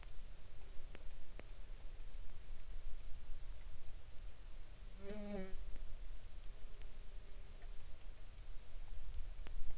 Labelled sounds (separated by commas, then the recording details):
rain, insects
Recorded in the Arctic National Wildlife Refuge, Alaska, on 16 July 2019 at 00:15
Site 40